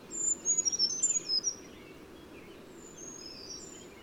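Bird song: a rapid phrase of high, thin whistled notes for about a second and a half, followed by fainter high notes amid hissing background noise.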